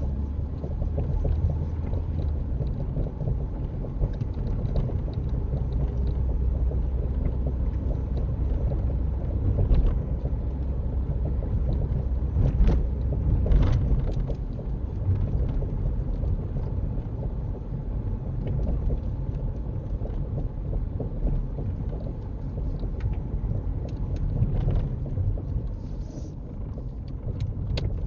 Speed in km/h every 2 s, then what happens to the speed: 31, 34, 35, 35, 35, 35, 34, 34, 32, 32, 31, 27, 23, 16.
0-18 steady at about 34. 18-28 slows to 16.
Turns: none.